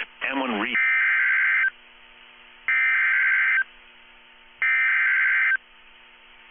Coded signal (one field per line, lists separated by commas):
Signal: Emergency Alert System (SAME) tones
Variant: header bursts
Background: speech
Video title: [VALID TONES] EAS Severe Thunderstorm Warning for Florida! (01/09/24) | irieomgfunny